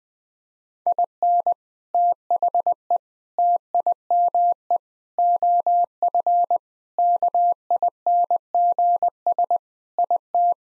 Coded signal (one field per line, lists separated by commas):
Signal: Morse code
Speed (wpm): 21 wpm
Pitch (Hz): 700 Hz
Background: none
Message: IN THE TIME OF KINGS IT